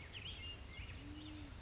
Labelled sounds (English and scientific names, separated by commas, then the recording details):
Band-tailed Pigeon (Patagioenas fasciata)
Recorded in Sonoma County, California